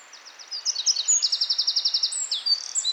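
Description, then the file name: Eurasian wren song, an energetic burst of high, piercing notes running into a fast, even trill and ending in further rapid twitters. "Troglodytes troglodytes"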